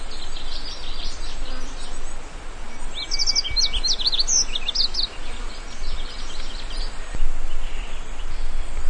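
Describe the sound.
Yellow-throated bunting calling: one burst of high, thin chirping notes about two seconds long midway, over a steady low rumble.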